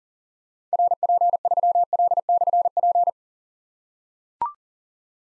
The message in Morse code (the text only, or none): RP3L/P